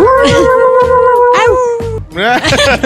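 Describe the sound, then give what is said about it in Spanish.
A dog's long, steady, mournful howl holds for about two seconds, then breaks into a run of rising and falling whimpering cries, loud and continuous throughout. “Perro triste.”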